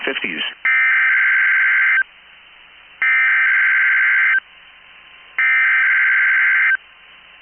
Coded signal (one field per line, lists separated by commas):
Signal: Emergency Alert System (SAME) tones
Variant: header bursts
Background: speech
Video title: 12/15/21SHEESSHHHHHHHHHH REQUIRED WEEKLY TEST EAS #129